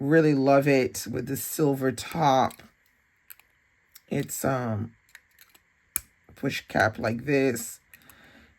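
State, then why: Seated. Someone talks while pushing the silver-topped metal push cap of a newer version of a Waterman Expert fountain pen onto the pen body. The cap snaps shut with a sharp click at 6.0 s, confirming it is seated.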